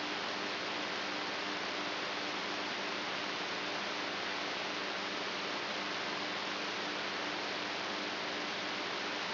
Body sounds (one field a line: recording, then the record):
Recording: brain microelectrode recording played as sound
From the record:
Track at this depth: inside the subthalamic nucleus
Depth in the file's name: 4.316 mm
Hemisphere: right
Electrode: 3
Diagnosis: Parkinson's disease